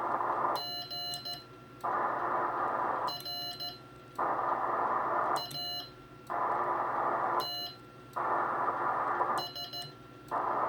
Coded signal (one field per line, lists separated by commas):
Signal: Morse code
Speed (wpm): 14 wpm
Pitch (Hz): 2900 Hz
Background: radio noise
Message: GRATS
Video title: Fred's First CW QSO since 1979 - Today, July 2, 2021